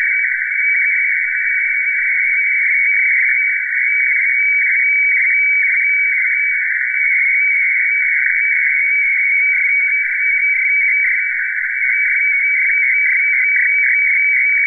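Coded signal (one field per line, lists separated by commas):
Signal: weather fax (radiofax)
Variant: FAX 120/576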